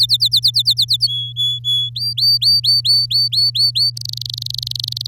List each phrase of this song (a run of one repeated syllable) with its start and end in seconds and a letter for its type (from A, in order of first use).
0.00-1.07 A, 1.08-1.89 B, 1.95-3.90 C, 3.96-5.07 D